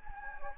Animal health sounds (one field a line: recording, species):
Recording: mosquito wingbeat signal from an infrared sensor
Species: Anopheles gambiae